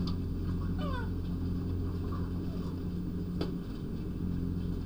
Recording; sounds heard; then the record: poultry house recording; sick chickens (respiratory disease)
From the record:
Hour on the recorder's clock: 1